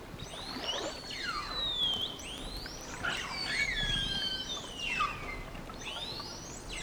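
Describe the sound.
Whale whistles in quick succession: many arching and falling tonal sweeps overlap throughout against a constant background hiss.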